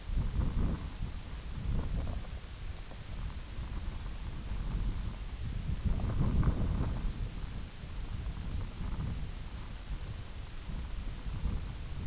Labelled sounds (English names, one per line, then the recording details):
none
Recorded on Arctic tundra, site IGLO-F, on 22 June 2018
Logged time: 04:00